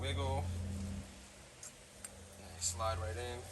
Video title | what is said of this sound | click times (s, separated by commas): Yamaha Banshee carb clean and rebuild, sync and set idle! | You should hear a little snap like so. That's how you know it's seated properly. | 2.1 s